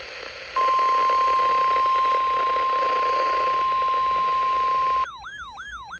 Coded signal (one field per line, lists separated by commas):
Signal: Emergency Alert System (SAME) tones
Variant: 1050 Hz attention tone